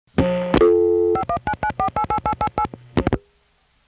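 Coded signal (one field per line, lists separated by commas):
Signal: DTMF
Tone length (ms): 80 ms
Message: 5199488888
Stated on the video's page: Long-distance telephone network signalling on centralized intercept calls routed via New York.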